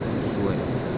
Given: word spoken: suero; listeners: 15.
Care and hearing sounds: one Spanish word in noise, from a listening test; speech-shaped noise; -5.8 dB; 0 of 15; 11 of 15; 0.58 s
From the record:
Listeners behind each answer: 11, 4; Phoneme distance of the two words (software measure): 10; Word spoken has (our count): 2 syllables, 5 phonemes, stress on syllable 1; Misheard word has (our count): 2 syllables, 5 phonemes, stress on syllable 1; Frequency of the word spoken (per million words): 5.22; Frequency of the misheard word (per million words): 134.80

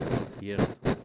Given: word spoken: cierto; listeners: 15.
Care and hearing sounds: one Spanish word in noise, from a listening test; noise modulated by one talker; -8.2 dB; 3 of 15; 10 of 15; 0.64 s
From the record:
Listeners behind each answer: 10, 3, 2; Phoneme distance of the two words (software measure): 21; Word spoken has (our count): 2 syllables, 6 phonemes, stress on syllable 1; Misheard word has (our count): 3 syllables, 9 phonemes, stress on syllable 2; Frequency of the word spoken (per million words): 248.94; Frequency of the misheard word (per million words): 38.41

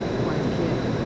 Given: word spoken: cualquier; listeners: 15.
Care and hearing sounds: one Spanish word in noise, from a listening test; speech-shaped noise; -6.9 dB; 3 of 15; 8 of 15; 0.65 s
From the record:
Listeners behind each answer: 8, 3, 1, 1, 1, 1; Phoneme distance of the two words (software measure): 7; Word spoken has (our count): 2 syllables, 8 phonemes, stress on syllable 2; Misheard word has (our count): 3 syllables, 9 phonemes, stress on syllable 2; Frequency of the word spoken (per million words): 362.88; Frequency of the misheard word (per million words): 72.91

